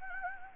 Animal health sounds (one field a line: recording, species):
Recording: mosquito wingbeat signal from an infrared sensor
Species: Anopheles gambiae